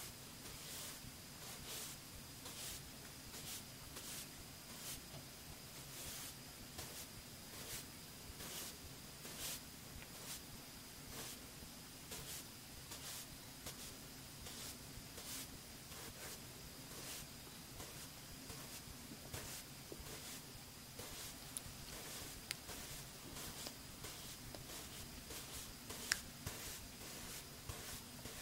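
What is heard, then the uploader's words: Makeup brushing with face touching: soft, rhythmic brush strokes sweep across the skin at a slow, fairly regular pace, roughly every second. Each stroke is a light, airy swish over a steady low hum, with a faint high whine running throughout. Slow & Tingly Makeup, Brushing, Face Touch.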